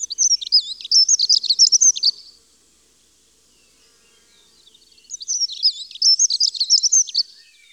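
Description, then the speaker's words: Dunnock song: a rapid, high, jingling warble, given twice with a short silent gap between the phrases. High-pitched, rapid little refrain. "L'accenteur mouchet chante sa ritournelle aiguë et rapide."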